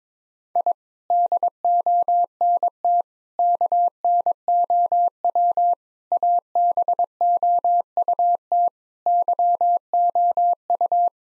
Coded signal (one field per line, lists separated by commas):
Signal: Morse code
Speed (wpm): 22 wpm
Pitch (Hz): 700 Hz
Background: none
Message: I DONT KNOW ABOUT YOU